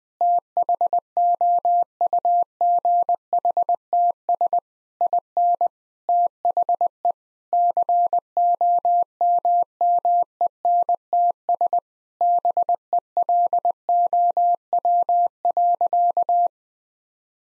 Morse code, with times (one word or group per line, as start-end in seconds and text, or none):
0.2-4.6 THOUGHTS
5.0-5.7 IN
6.1-7.1 THE
7.5-11.8 COMMENTS
12.2-16.5 BELOW.